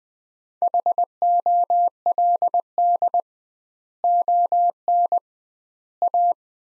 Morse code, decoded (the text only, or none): HOLD ON A